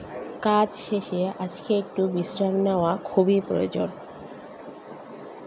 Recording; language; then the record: elicited speech; Bengali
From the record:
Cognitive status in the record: cognitively healthy